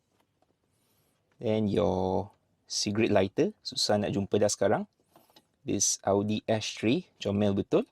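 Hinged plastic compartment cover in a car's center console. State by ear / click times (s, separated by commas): not seated / none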